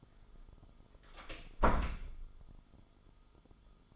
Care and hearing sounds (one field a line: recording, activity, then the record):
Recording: daily activity, microphone in the room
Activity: close door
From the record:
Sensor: 5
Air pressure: 1004.9 hPa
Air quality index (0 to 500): 106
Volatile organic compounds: 2 ppm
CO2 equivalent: 1288 ppm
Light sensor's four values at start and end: 35/82/33/32 and 35/82/33/32